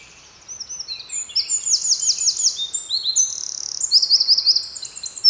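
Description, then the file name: Eurasian wren singing a loud, hurried strophe of piercing high notes, broken by quick rattling trills. "Troglodytes troglodytes"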